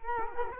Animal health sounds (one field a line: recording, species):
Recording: mosquito wingbeat signal from an infrared sensor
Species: Culex quinquefasciatus